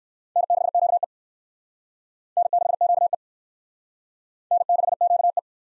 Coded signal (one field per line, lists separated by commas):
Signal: Morse code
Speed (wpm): 55 wpm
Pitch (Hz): 700 Hz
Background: none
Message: N6QE N6QE N6QE